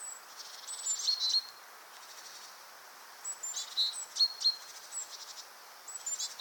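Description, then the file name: Great tit giving thin high call notes and brief buzzy bursts in short bouts over faint background hiss. "Parus major"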